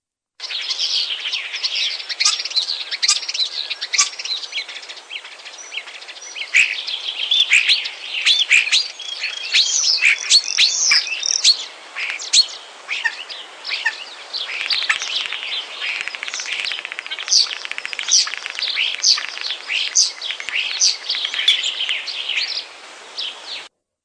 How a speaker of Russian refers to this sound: Скворцы.